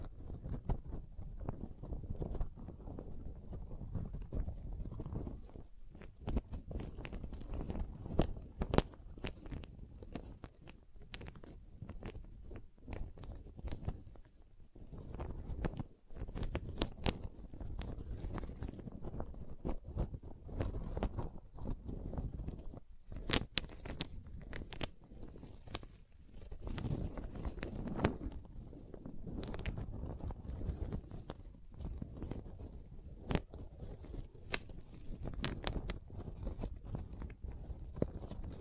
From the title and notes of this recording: ASMR Calming Wood Triggers for Sleep (No Talking).